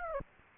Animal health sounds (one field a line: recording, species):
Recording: mosquito wingbeat signal from an infrared sensor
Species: Aedes aegypti